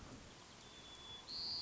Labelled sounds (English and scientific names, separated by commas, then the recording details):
White-crowned Sparrow (Zonotrichia leucophrys)
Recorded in Sonoma County, California